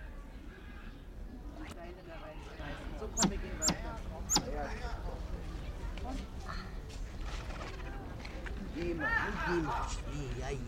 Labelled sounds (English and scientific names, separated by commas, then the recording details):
Common Hill Myna (Gracula religiosa)
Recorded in captivity
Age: adult
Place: Zoo Berlin, Berlin, DE
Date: 1994-04-16 12:00
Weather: heiter, 7-12°C
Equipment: Marantz CP 430, Sennheiser ME 80, Kopie Uher Variocord 263
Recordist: Tembrock, Günter